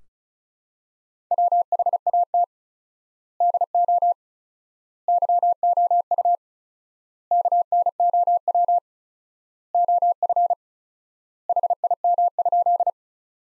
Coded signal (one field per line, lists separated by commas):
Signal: Morse code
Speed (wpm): 36 wpm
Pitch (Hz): 700 Hz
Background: none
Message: WHAT DO YOU KNOW OF HIM?